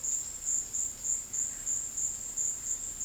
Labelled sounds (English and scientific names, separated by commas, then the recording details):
none
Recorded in dense forest near Puerto Asís, Putumayo, Colombia, on 19 February 2024 at 17:00
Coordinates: 0.481, -76.318
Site G6421